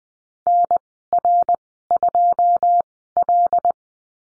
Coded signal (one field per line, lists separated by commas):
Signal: Morse code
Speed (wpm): 20 wpm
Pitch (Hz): 700 Hz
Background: none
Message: NR2L